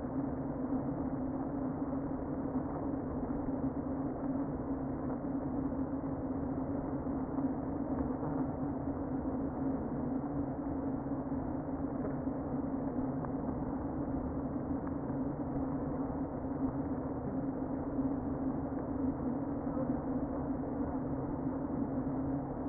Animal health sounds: honeybee colony, microphone inside the hive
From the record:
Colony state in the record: queen present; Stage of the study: before two queens were removed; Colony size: about 60,000 bees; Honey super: yes

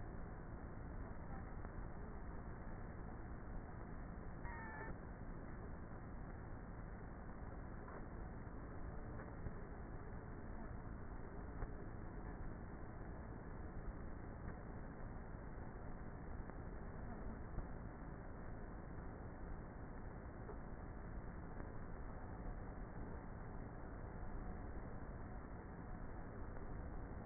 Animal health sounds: honeybee colony, microphone inside the hive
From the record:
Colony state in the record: queenless with a low population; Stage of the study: before two queens were removed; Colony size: about 30,000 bees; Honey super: no

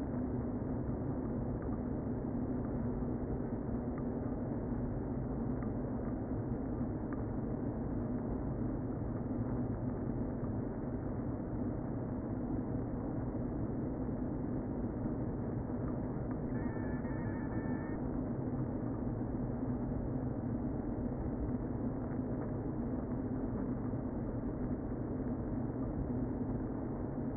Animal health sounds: honeybee colony, microphone inside the hive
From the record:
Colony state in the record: queen present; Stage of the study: before two queens were removed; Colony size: about 60,000 bees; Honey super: yes

